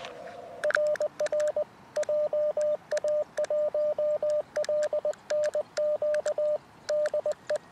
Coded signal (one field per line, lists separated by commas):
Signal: Morse code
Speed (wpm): 20 wpm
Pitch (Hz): 610 Hz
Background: radio noise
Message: RR JA1LNQ DE